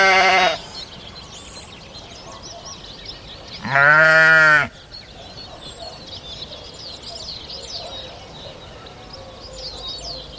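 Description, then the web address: Sheep bleating twice, a short cry at the start and a longer harmonic bleat near four seconds, with faint birdsong throughout. "Ian Hubball Sheep"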